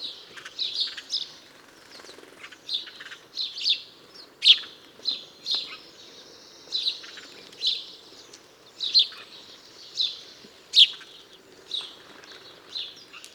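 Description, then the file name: House sparrow chirping, a long series of many bright cheep notes, with faint background noise. "Passer domesticus"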